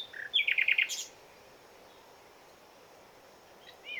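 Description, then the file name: Common nightingale song: short whistled notes leading into a fast, loud series of about six repeated pulsed notes, then quiet before a new phrase begins. "Luscinia megarhynchos"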